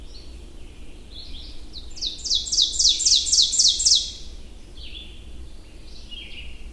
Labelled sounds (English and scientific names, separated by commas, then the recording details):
Ovenbird (Seiurus aurocapilla) song
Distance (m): 5 m
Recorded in boreal forest in Alberta, Canada, on 22 June 2016 at 05:57
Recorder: SongMeter 3, array SBT-6-76
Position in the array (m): 150 m, 108 m
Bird 3